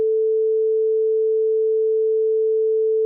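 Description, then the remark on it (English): A single steady censor bleep covering a spoken phone number: a pure, mid-pitched electronic tone held at constant loudness for about three seconds, starting and stopping abruptly, with no voices underneath. “So if you're able to if you're able to use an AI program to undo the bleep there, there you go.”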